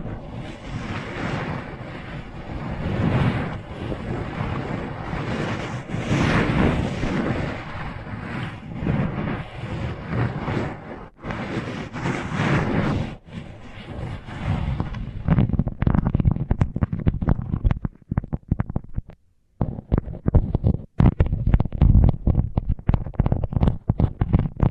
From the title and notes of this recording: ASMR Sensitive Tingles with Mics Under Tape (No Talking).